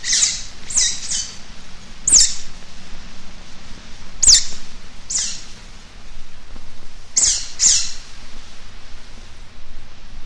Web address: european otter